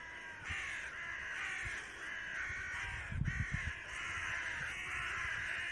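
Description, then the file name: Carrion crow giving loud, drawn-out raspy caws almost without pause, with a few low thumps partway through. "Corvus corone"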